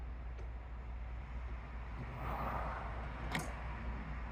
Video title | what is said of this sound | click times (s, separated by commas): Considerations when renting an EV | hear that click that means you can release this you just press down pull back | 3.3 s